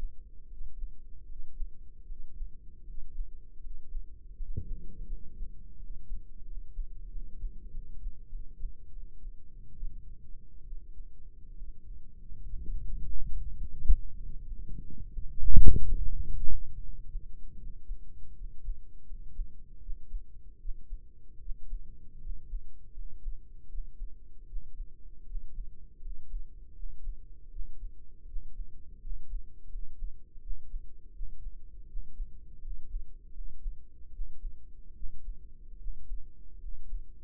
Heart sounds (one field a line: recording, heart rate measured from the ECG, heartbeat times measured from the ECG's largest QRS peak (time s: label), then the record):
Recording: heart sounds by microphone in the right ear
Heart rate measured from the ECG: 78 bpm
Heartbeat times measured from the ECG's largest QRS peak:
0.45 s: heartbeat
1.23 s: heartbeat
2.03 s: heartbeat
2.81 s: heartbeat
3.58 s: heartbeat
4.34 s: heartbeat
5.04 s: heartbeat
5.76 s: heartbeat
6.43 s: heartbeat
7.08 s: heartbeat
7.69 s: heartbeat
8.27 s: heartbeat
8.89 s: heartbeat
9.74 s: heartbeat
10.63 s: heartbeat
11.52 s: heartbeat
12.36 s: heartbeat
13.22 s: heartbeat
14.15 s: heartbeat
15.11 s: heartbeat
16.01 s: heartbeat
16.79 s: heartbeat
17.55 s: heartbeat
18.33 s: heartbeat
19.04 s: heartbeat
19.79 s: heartbeat
20.57 s: heartbeat
21.38 s: heartbeat
22.19 s: heartbeat
22.91 s: heartbeat
23.67 s: heartbeat
24.45 s: heartbeat
25.24 s: heartbeat
25.99 s: heartbeat
26.72 s: heartbeat
27.48 s: heartbeat
28.24 s: heartbeat
28.99 s: heartbeat
29.68 s: heartbeat
30.39 s: heartbeat
31.11 s: heartbeat
31.85 s: heartbeat
32.59 s: heartbeat
33.31 s: heartbeat
34.10 s: heartbeat
34.92 s: heartbeat
35.76 s: heartbeat
36.58 s: heartbeat
From the record:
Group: healthy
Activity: breath hold 0-4 s, rest 4-37 s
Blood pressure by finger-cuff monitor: 106/60 mmHg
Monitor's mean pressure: 69 mmHg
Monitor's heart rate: 78 bpm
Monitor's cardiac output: 5.8 L/min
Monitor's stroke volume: 75 mL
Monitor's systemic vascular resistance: 900 dyn s/cm5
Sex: male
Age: 20 years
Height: 167 cm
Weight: 61 kg